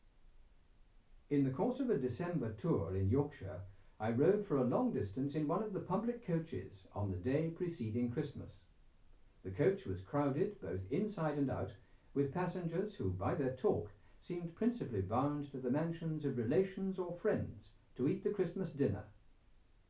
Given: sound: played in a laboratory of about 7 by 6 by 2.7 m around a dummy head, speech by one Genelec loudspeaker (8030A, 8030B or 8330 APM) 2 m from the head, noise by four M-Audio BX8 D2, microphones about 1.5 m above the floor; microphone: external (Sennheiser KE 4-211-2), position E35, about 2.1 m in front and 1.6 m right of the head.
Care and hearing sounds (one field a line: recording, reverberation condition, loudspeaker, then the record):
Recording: male speech in English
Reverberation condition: low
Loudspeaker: 90 degrees to the right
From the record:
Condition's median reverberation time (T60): about 310 ms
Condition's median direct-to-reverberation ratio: about 3.5 dB